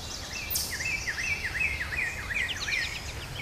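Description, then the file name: A bird gives a quick string of slurred notes, each dipping then rising, repeated several times a second, with a brief rushing sound near the start. Recorded in woods on 25 June 2010; the bird is unidentified. "Mystery Bird in Woods 6-25-10"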